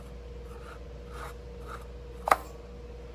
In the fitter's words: I'm going to seat it in there and as I spin you'll hear it engage